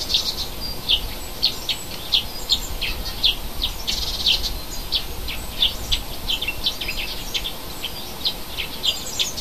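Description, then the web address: Bird song, a steady series of high short chirps and twitters repeated throughout, over a constant broad background hiss. Native hedge bird, recorded in February. "oeko hecke vogel februar vogel heimisch"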